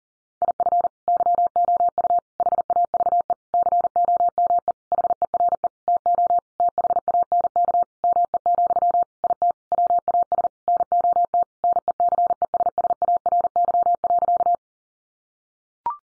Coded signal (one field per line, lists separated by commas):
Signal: Morse code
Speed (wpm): 40 wpm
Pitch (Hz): 700 Hz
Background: none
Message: IF YOU HAVE COME HERE TO THANK ME, IT WAS NOT NECESSARY.